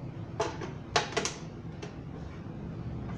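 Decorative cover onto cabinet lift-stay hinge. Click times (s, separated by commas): 1.0 s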